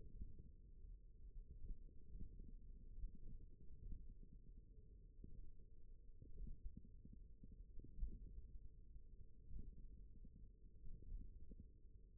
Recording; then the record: forearm muscle sounds (acoustic myography)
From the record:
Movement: index flexion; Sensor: system 1, eight BSWA MPA416 microphones around the upper forearm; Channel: 4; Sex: male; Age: 41 years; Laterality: right